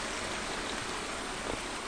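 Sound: flowing stream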